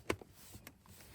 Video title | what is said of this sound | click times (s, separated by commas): Subaru Outback Dash Cam Install - Mangoal OEM Style Dash Cam #dashcam #mangoal | And then just give it some push, line it up, give it a push, and it should snap in place. | 0.1 s, 0.7 s